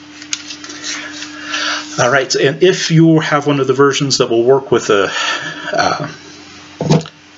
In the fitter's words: down a light snap push forward be a much stronger snap into place